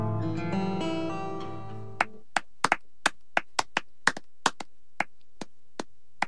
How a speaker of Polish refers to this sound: Możesz już przestać sam sobie bić brawo.